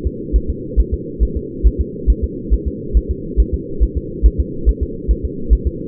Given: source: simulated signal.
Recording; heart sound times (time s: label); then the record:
fetal heart sounds
0.07 s: S2
0.36 s: S1
0.50 s: S2
0.80 s: S1
0.94 s: S2
1.23 s: S1
1.37 s: S2
1.67 s: S1
1.81 s: S2
2.10 s: S1
2.24 s: S2
2.54 s: S1
2.68 s: S2
2.97 s: S1
3.11 s: S2
3.40 s: S1
3.54 s: S2
3.83 s: S1
3.97 s: S2
4.26 s: S1
4.40 s: S2
4.69 s: S1
4.83 s: S2
5.11 s: S1
5.25 s: S2
5.53 s: S1
5.67 s: S2
From the record:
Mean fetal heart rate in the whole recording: 140 bpm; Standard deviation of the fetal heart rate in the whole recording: 2 bpm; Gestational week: 34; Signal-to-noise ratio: -4.3 dB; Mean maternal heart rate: 72 bpm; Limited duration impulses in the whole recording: absent